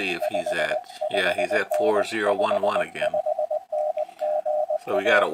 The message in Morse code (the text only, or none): 55N 55N GA